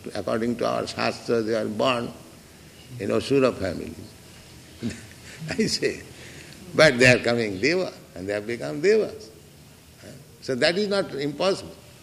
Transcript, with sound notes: according to our śāstra, they are born in asura families, I say, [laughs] but they are coming deva. And they have become devas. So that is not impossible.